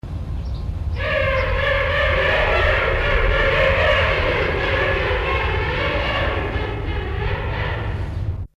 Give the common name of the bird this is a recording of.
King Penguin